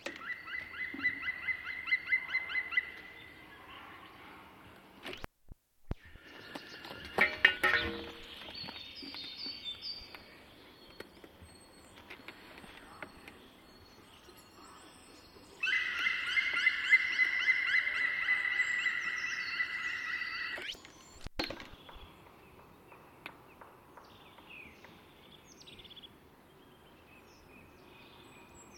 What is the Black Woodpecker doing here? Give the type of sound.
song